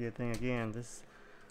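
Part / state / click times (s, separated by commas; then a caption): panel onto computer case / not seated / none. Someone talks while a computer case panel is being handled before it is pressed onto the case. Light handling sounds follow the speech, and nothing has seated or clicked yet.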